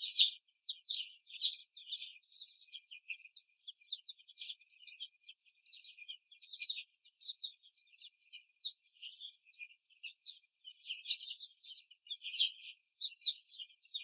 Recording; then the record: young laying hens in a cage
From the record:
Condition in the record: before the stressor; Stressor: simulated dog barking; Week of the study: 3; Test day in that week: 1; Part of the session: 1